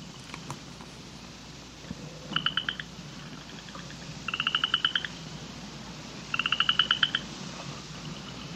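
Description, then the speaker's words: Upland chorus frog: three short trills of rapid clicking pulses, about two seconds apart, over a faint hiss. Recording played on air; a large chorus, with only two or three calling at the start; the species calls in cool weather, some heard between Christmas and New Year's. "We're hearing a large chorus of upland chorus frogs."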